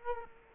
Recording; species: mosquito wingbeat signal from an infrared sensor; Culex quinquefasciatus